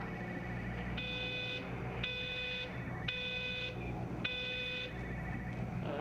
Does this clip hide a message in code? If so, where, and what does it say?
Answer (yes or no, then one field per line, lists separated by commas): no